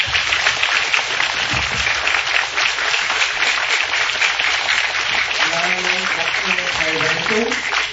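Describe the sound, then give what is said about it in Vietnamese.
A loud, sustained round of applause from the teacher and the assembly of monks and nuns at a Buddhist retreat, dense crackling claps running steadily for the whole stretch, with a few voices rising beneath it near the end. “Vậy nên bây giờ xin thầy, sư phụ cũng như là hai bộ tăng ni, chúng ta vỗ một tràng pháo tay tất cả thật là kêu.”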